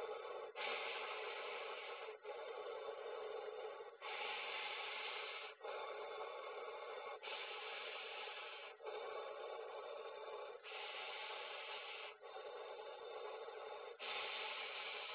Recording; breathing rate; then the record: paced breathing near a phone; 18 breaths a minute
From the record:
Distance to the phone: 20 cm